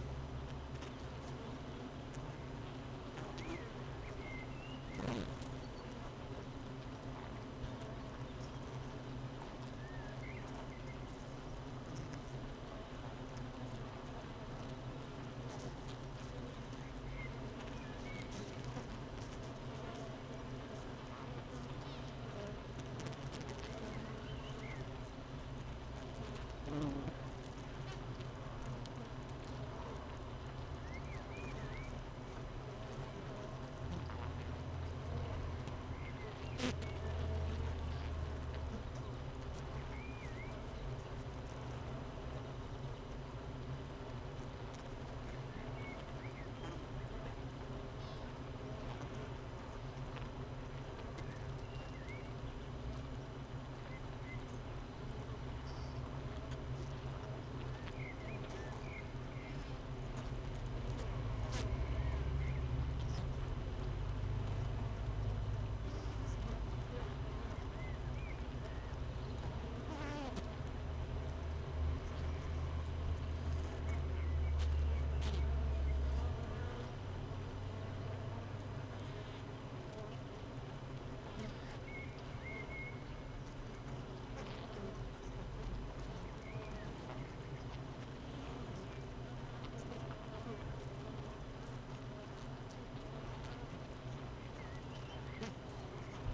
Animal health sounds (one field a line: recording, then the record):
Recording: honeybee colony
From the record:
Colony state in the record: missing queen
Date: 31 May 2018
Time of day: 8:07